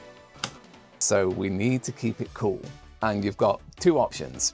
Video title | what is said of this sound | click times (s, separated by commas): Beginner Gaming PC Build Tutorial - Tips From a Computing Expert! | and you'll hear a pretty satisfying click. And then once again with the second stick. | 0.4 s